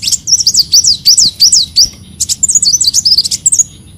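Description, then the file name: Leafbird song with a steady series of high, rising-falling whistled notes, then a busier jumble of sharp, twittering notes toward the end. "Tieng chim xanh tim"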